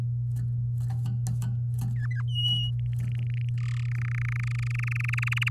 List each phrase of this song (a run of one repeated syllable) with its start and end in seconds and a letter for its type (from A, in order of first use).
1.96-2.22 A, 2.27-2.71 B, 2.79-3.49 C, 3.58-3.86 D, 3.88-5.49 E